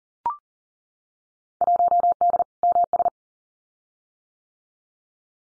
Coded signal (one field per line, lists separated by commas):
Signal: Morse code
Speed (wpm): 40 wpm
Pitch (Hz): 700 Hz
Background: none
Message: 1D MS